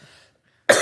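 After a moment of near silence, a single loud, harsh cough from an adult bursts out abruptly and is cut off at the end. It is a lingering cough left over from being sick the previous week.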